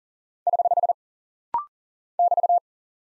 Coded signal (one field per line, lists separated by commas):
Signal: Morse code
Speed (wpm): 39 wpm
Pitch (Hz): 700 Hz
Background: none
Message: <HH> <BT>